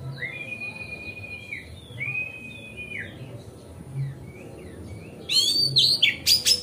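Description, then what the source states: Oriental magpie-robin song: long, even whistled notes that drop at the end, repeated a few times, then a sudden loud flurry of sharp chirps and warbles. Song-tutoring (masteran) recording made on a terrace.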